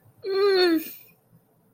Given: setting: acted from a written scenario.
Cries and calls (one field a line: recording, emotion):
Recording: vocal sound without words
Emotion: elation